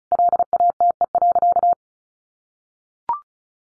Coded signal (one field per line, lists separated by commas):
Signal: Morse code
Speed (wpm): 34 wpm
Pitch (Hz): 700 Hz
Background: none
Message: LATE.